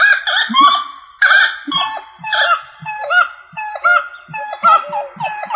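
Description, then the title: Rail calling with raucous, repeated honking notes in a steady, grating series. "LuckyFamilia RallidaeFrangoSama"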